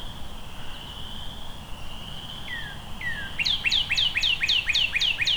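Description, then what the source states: Northern cardinal song: a long steady whistle, then two sliding downslurs, then a fast run of several repeated slurred notes. Singing up to the recordist's right.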